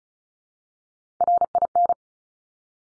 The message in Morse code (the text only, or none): RIN